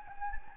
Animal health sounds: mosquito wingbeat signal from an infrared sensor; Anopheles gambiae

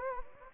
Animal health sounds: mosquito wingbeat signal from an infrared sensor; Anopheles gambiae

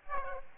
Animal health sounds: mosquito wingbeat signal from an infrared sensor; Aedes aegypti

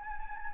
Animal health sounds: mosquito wingbeat signal from an infrared sensor; Anopheles gambiae

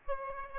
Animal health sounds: mosquito wingbeat signal from an infrared sensor; Aedes aegypti

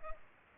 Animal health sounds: mosquito wingbeat signal from an infrared sensor; Culex pipiens

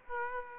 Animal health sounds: mosquito wingbeat signal from an infrared sensor; Aedes aegypti

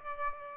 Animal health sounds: mosquito wingbeat signal from an infrared sensor; Aedes aegypti

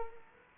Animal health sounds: mosquito wingbeat signal from an infrared sensor; Culex quinquefasciatus

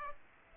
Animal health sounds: mosquito wingbeat signal from an infrared sensor; Aedes aegypti

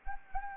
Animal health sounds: mosquito wingbeat signal from an infrared sensor; Anopheles arabiensis

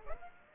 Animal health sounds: mosquito wingbeat signal from an infrared sensor; Aedes aegypti

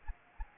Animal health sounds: mosquito wingbeat signal from an infrared sensor; Anopheles gambiae

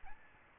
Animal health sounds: mosquito wingbeat signal from an infrared sensor; Aedes albopictus

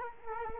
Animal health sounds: mosquito wingbeat signal from an infrared sensor; Culex quinquefasciatus

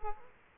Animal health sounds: mosquito wingbeat signal from an infrared sensor; Culex quinquefasciatus

